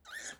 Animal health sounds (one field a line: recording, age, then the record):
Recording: pig call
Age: piglet (1 to 25 days)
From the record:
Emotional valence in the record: negative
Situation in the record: restrain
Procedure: back test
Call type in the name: high-frequency call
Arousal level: medium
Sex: female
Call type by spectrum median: high-frequency call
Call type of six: high-frequency stable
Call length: 0.40 s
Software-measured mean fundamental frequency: 221 Hz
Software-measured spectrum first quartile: 1662 Hz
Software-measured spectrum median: 3323 Hz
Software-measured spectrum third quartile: 6449 Hz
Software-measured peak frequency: 1803 Hz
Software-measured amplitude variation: 178 dB a second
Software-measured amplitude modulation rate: 17.7 a second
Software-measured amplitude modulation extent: 10.1 dB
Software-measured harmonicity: 4.9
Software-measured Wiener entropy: -2.16